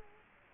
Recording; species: mosquito wingbeat signal from an infrared sensor; Culex quinquefasciatus